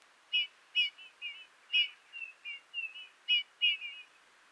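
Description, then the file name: Eurasian bullfinch calls: a quick run of crisp slurred notes interleaved with soft, flat, piping whistles, fairly continuous over a few seconds. "Pyrrhula pyrrhula"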